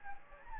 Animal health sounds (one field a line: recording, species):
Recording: mosquito wingbeat signal from an infrared sensor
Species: Anopheles gambiae